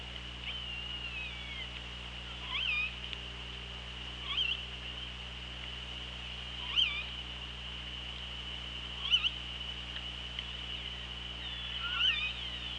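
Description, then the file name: Killer whale calls, five short bending tonal cries spaced a few seconds apart, over steady underwater hiss, low hum and a continuous high tone. OrcaLab hydrophone, 24 August 2017, 16:13:53. "Orca Lab 20170824 161353"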